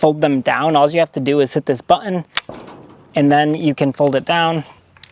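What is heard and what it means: Someone talks while pressing the release button on the handlebar folding latch on the stem of an Unagi Model One Voyager electric scooter and folding the handlebars down. The latch has not locked in yet, and nothing has seated or clicked by the end of the clip.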